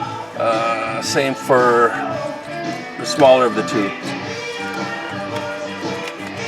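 The smaller of two wire harness connectors is lined up with its socket on a replacement climate control module for a Saab 9-3 before being pushed in. Someone talks over background music, with only a few light taps heard. Nothing has seated or clicked yet.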